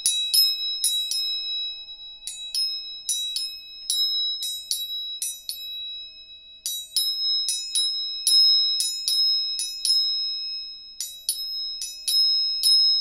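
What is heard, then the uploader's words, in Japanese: Three tuning forks ring with steady, bright sustained tones, struck repeatedly in quick clusters with short pauses, each tap giving a sharp metallic click. 音叉チューニング3本。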